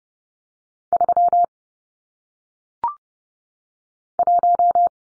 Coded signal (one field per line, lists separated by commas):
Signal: Morse code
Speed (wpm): 30 wpm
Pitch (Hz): 700 Hz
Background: none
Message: 3 1